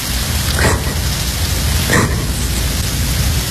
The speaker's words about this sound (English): Oh, God, it's raining again.